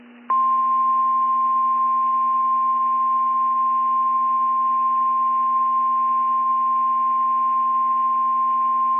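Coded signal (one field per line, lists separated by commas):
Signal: Emergency Alert System (SAME) tones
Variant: 1050 Hz attention tone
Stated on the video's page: Special marine warning SAME tones from Key West NOAA weather radio, recorded at the time of the event.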